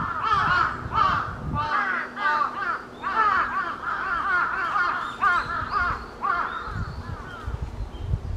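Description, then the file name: Large-billed crow cawing in dense runs of raspy calls, with a faint low hum at times. Recorded 22 July 2021. "20210722 hashibutogarasu"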